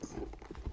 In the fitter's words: just like the other ones, and it simply just slides in clicks into place.